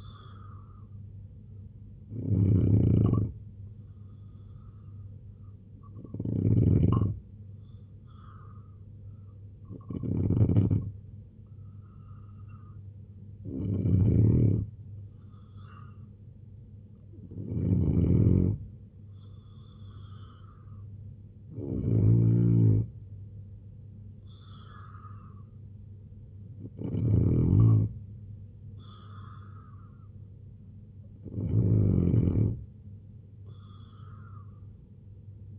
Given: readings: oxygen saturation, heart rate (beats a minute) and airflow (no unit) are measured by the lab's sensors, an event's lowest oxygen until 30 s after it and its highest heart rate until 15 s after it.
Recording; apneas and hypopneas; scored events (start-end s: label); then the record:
breathing in sleep by a smartphone at the bedside; none
none scored
From the record:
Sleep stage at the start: N2 (light sleep); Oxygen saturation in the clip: 90 to 91%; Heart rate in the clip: 66 to 74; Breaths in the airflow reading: 8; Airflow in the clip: -3.1 to 5.4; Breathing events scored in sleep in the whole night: 258 in 7.4 hours asleep